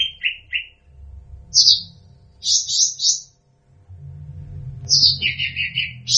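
Bird song of short high chirps and loud buzzy bursts, then a sweeping high note dropping into rapid chirping, with a low hum beneath.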